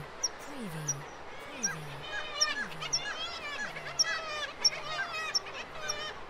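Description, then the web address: Black-legged kittiwakes calling together, a dense mesh of wavering nasal notes punctuated by brief high clicks, with a low swooping tone repeating roughly every second. Nesting birds. "KITTIWAKE NESTING"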